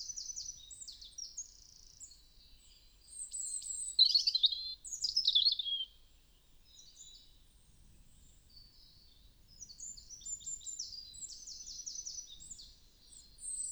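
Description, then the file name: European robin singing a string of high, thin, jangling and warbling phrases, with brief pauses between them and a quieter, scratchy stretch near the end. "Erithacus rubecula"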